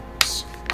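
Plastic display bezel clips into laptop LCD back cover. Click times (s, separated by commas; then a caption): 0.2 s, 0.7 s. A new plastic screen bezel is pressed onto the LCD back cover of an Acer Aspire A515-55 laptop so its clips engage. Sharp snaps are heard at 0.2 s and 0.7 s as the clips click in, and the bezel is seated.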